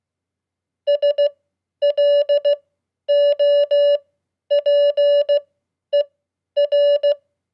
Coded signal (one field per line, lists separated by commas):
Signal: Morse code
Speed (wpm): 16 wpm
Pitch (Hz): 580 Hz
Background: none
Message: SLOPER